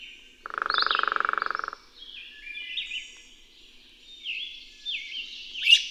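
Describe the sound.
Bird: a short buzzy pulsed croak, then a bird sings quiet looping whistled notes that rise and fall, ending with a sharp chip.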